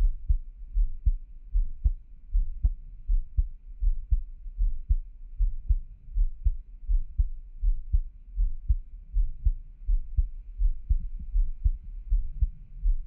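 Steady, low, muffled heartbeat thumps of an adult's heart, heard close up at about 79 beats per minute, with a faint hum underneath.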